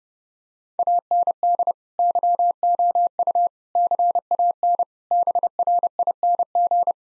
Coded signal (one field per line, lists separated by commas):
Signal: Morse code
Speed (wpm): 30 wpm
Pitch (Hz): 700 Hz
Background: none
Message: AND YOU CAN BRING